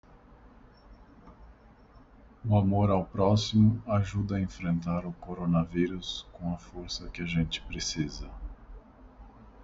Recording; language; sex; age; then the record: spoken sentence; Brazilian Portuguese; male; 40 to 49 years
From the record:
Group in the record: control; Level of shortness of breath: 0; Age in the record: 42 years